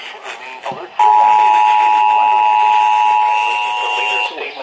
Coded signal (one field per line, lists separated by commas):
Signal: Emergency Alert System (SAME) tones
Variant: 853 and 960 Hz attention tone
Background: speech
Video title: A WHOLE COMPLETE MODERATE TORNADO NIGHTMARE - EAS Alerts from 3/10/26 & 3/15/26. (EAS 1,229-1,276)